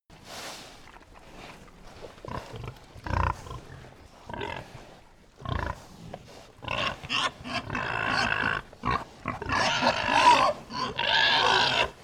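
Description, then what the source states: Pigs grunting, sparse at first, then denser, louder overlapping grunts toward the end. A herd of pigs grunting.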